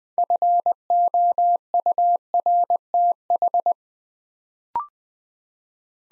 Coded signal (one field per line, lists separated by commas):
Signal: Morse code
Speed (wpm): 20 wpm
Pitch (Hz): 700 Hz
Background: none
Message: FOURTH